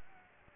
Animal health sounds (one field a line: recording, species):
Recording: mosquito wingbeat signal from an infrared sensor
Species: Aedes aegypti